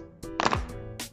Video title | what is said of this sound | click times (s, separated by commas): RJ45 CAT6A Field Terminable Plug from PANDUIT FP6X88MTG | plug and just slot into this termination tool and by the time you here click sound stop we are done | 0.4 s